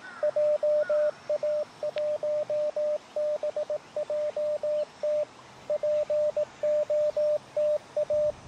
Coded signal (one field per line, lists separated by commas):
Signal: Morse code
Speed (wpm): 18 wpm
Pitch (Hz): 600 Hz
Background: radio noise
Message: JA1BJT POTA